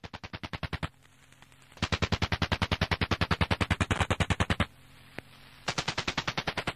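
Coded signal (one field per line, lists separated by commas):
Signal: radar signal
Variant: Russian Woodpecker (Duga)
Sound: rapid harsh tapping, about ten knocks per second, in bursts with short pauses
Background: radio static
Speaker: it's the world later found out it was just an over the horizon radar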